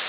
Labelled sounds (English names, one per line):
Hooded Warbler flight call